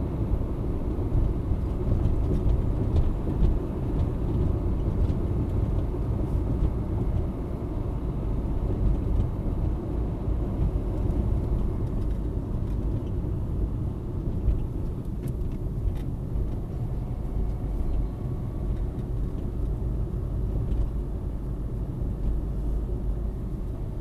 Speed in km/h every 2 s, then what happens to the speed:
65, 65, 65, 64, 58, 55, 48, 40, 38, 39, 39, 39.
0-7 steady at about 65. 7-15 slows to 38. 15-24 steady at about 39.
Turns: none.